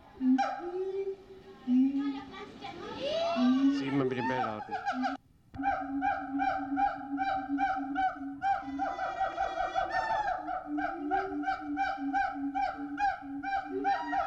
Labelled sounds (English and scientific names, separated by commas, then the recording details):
Siamang (Symphalangus syndactylus)
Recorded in captivity
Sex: pair
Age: adult
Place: Zoo Berlin, Berlin, DE
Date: 1985-09-13
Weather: sonnig, 14 - 18°C
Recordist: Tembrock, Günter